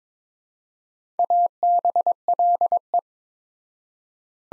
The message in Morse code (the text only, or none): ABLE